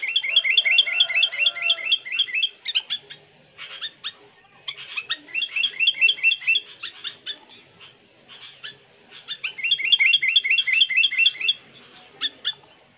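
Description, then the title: Sooty-headed bulbul delivering fast, rhythmic trilled runs of repeated chirps, sparser single notes in between, and a second trilled run later on. "Kutilang"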